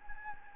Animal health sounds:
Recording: mosquito wingbeat signal from an infrared sensor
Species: Anopheles gambiae

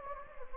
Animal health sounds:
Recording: mosquito wingbeat signal from an infrared sensor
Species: Anopheles gambiae

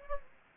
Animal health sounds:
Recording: mosquito wingbeat signal from an infrared sensor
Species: Aedes aegypti

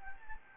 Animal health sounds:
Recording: mosquito wingbeat signal from an infrared sensor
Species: Anopheles gambiae

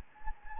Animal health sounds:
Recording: mosquito wingbeat signal from an infrared sensor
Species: Anopheles gambiae

